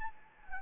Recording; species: mosquito wingbeat signal from an infrared sensor; Anopheles gambiae